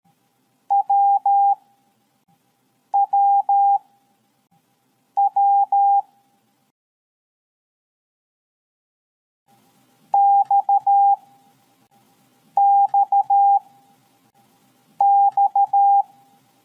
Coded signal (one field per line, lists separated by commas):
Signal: Morse code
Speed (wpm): 13 wpm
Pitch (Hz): 800 Hz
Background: none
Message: WWW XXX